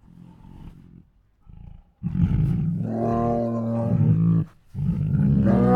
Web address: Sound Ideas Tigers. Hungry Groans, Huffs, Moans and Snores